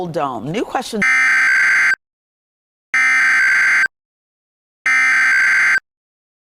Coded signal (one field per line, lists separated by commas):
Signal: Emergency Alert System (SAME) tones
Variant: header bursts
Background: speech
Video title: EAS Warning: “Are You Even Real?”